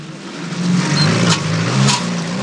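A UAZ off-road vehicle's engine rumbles steadily with a low, wavering drone and broad rushing noise, swelling slightly as it drives quickly onto a shore beside a cannon, bouncing over bumps and making a half-circle before stopping. No voices are heard.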